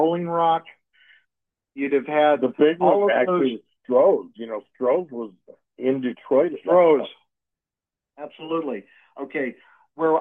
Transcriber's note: none